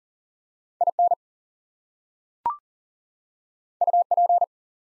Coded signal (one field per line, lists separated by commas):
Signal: Morse code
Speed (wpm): 40 wpm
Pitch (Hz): 700 Hz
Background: none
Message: IN UP